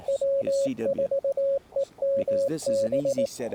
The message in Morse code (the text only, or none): W4EMB